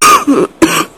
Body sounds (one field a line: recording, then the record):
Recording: coughing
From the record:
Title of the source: 31 night wet cough